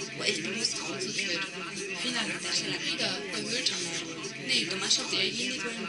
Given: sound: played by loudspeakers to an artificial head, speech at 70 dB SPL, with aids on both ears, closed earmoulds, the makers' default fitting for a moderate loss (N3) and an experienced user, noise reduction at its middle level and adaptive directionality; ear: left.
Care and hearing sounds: speech test signal (ISTS) in cocktail-party noise; -3 dB; on the right (90 degrees)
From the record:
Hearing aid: class 1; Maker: B

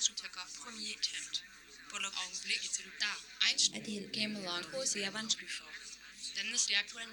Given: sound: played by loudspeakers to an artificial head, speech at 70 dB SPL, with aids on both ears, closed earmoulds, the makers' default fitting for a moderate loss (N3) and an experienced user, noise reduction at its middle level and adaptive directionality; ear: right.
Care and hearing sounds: speech test signal (ISTS) in cocktail-party noise; +3 dB; on the right (90 degrees)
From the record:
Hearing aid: class 1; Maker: J

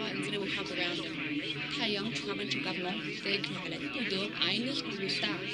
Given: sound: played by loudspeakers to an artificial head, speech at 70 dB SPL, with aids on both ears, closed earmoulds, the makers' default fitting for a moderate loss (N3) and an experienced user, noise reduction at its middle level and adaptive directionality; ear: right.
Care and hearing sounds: speech test signal (ISTS) in cocktail-party noise; -3 dB; on the right (90 degrees)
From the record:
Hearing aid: class 2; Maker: D

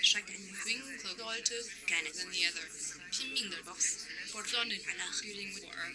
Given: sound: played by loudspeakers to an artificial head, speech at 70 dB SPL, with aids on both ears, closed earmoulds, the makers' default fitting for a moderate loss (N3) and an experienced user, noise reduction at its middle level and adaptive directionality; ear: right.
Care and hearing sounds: speech test signal (ISTS) in cocktail-party noise; 0 dB; in front (0 degrees)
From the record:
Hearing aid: class 1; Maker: H

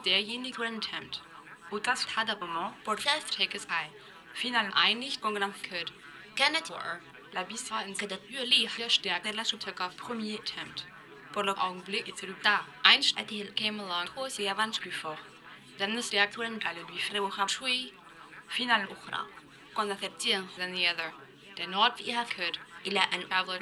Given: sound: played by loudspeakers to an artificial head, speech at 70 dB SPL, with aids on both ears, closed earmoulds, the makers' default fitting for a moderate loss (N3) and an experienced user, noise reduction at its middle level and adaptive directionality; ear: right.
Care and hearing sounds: speech test signal (ISTS) in cocktail-party noise; +9 dB; on the right (90 degrees)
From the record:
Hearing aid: class 1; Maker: E

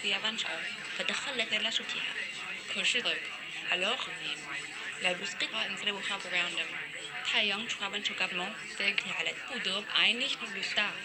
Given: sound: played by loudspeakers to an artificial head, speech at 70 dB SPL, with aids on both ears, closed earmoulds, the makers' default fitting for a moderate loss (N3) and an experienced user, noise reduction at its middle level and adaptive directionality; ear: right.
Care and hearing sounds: speech test signal (ISTS) in cocktail-party noise; -6 dB; in front (0 degrees)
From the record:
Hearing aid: class 1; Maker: I

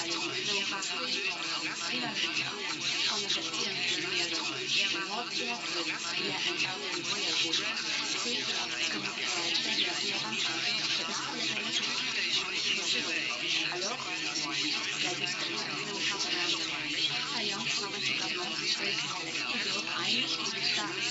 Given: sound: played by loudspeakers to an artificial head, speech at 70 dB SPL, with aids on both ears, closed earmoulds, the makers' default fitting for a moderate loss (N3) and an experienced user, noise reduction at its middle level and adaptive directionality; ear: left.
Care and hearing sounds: speech test signal (ISTS) in cocktail-party noise; -3 dB; on the right (90 degrees)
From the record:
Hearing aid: class 1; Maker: A

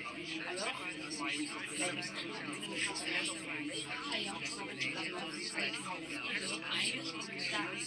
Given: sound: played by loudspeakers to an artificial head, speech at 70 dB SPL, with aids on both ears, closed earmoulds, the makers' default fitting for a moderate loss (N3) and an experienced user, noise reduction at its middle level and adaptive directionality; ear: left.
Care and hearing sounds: speech test signal (ISTS) in cocktail-party noise; -6 dB; on the right (90 degrees)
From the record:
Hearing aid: class 2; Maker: C

